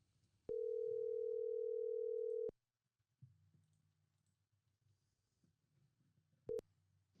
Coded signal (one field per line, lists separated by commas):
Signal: telephone call progress tone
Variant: North America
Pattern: ringback tone